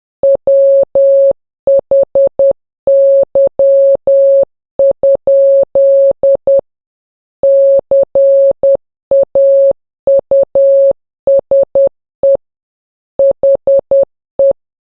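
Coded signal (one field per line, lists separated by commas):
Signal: Morse code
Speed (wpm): 10 wpm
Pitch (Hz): 550 Hz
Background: none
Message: WHY? CAUSE HE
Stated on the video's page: Morse code practice drill for learning to decode by ear.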